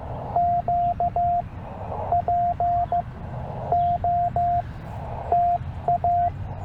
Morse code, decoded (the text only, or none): Q POTA